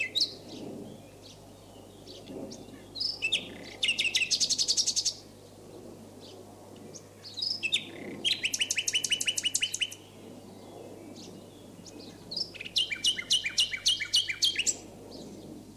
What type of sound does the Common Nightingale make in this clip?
song